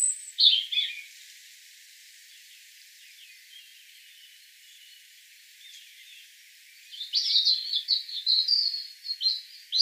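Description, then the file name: European robin song: a brief high note and twitter, a long near-silent stretch, then a sustained burst of high, rapid warbling. "Erithacus rubecula"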